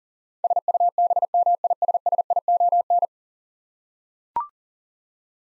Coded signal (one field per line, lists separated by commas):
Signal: Morse code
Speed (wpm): 40 wpm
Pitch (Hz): 700 Hz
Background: none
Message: SUBMISSION